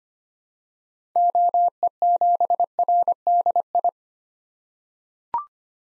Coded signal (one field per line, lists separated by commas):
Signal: Morse code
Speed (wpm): 25 wpm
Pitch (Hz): 700 Hz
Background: none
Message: OE7RDI